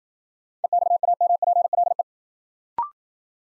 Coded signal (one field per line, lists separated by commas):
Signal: Morse code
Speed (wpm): 53 wpm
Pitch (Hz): 700 Hz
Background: none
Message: EXAMPLE